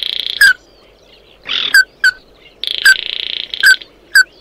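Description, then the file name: Bird calls: loud downslurred chips, several in a row, separated by dry buzzy hissing bursts. "Tieng chim mat do"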